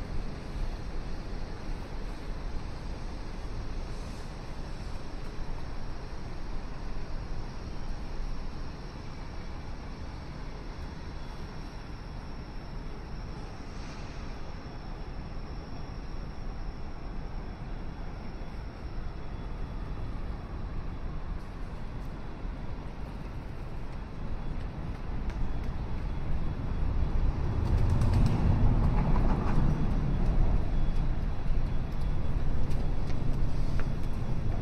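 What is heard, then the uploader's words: Downtown Chicago morning street noise: a steady low traffic rumble, with a louder vehicle swelling past around twenty-eight seconds and continuing. River Walk at Sunrise, Binaural City Sounds. Morning walk in Downtown Chicago, Illinois during the morning sunrise. I'm visiting Chicago for a few weeks in Chicago and wanted to record this on a chill morning when the River Walk wouldn't be to overly crowded with people.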